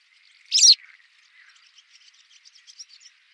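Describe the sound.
White wagtail giving one abrupt, high call near the start.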